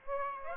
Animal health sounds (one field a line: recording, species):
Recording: mosquito wingbeat signal from an infrared sensor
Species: Aedes aegypti